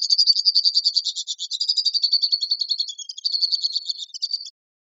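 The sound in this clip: White-throated swift giving a shrill, rapid chattering trill that drifts slightly downward, pausing briefly near three seconds before resuming, on a clean quiet background.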